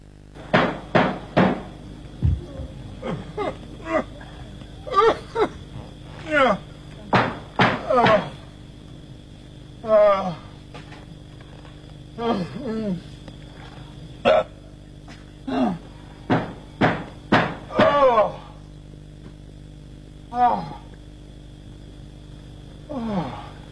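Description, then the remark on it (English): Loud, sharp raps on a door come in irregular bursts, some single and some in quick pairs or triples, with short pauses between them and no voices. “Here's a knocking indeed.”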